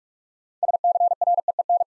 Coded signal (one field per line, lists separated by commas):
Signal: Morse code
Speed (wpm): 44 wpm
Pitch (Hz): 700 Hz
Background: none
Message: SCREEN